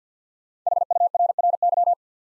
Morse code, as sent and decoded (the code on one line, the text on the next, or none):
.... ..- .-. .-. -.--
HURRY